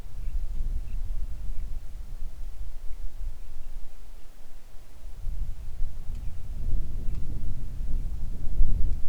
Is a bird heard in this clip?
yes